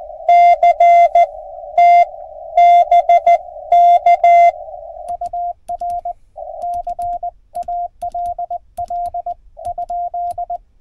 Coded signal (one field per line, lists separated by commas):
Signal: Morse code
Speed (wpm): 18 wpm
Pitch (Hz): 700 Hz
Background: radio noise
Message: CT BK UR CALL ?